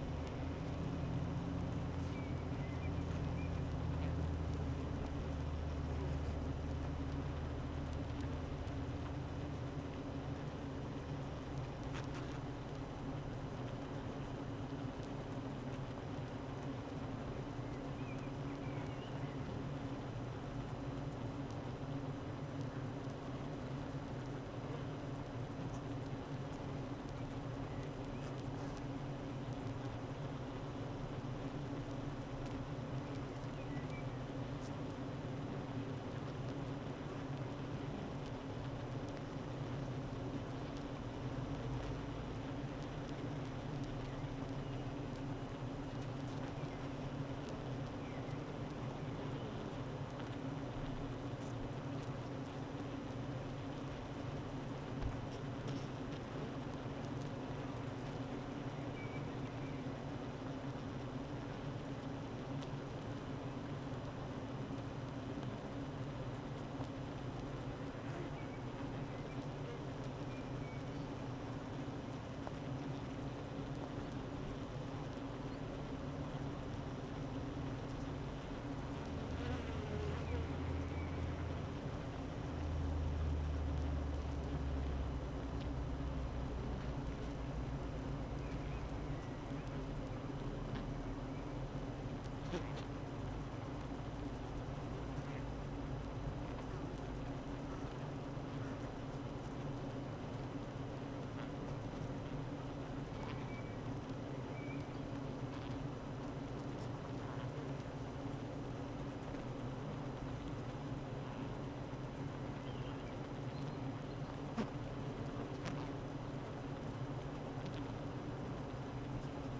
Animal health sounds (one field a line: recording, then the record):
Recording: honeybee colony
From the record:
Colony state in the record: active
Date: 12 June 2018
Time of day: 8:37